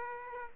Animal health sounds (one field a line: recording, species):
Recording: mosquito wingbeat signal from an infrared sensor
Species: Aedes aegypti